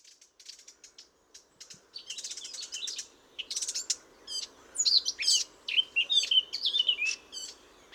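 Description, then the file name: Eurasian blackcap song, beginning with faint rapid ticking notes that build into scratchy chatter and then clearer whistled, slurred phrases toward the end. "Sylvia atricapilla"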